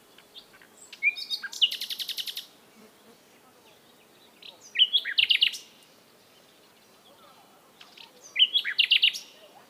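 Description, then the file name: Common nightingale song: three bursts of rapid, rattling and whistled notes at high pitch, each lasting about one to two seconds, separated by short pauses of quiet. "Luscinia megarhynchos"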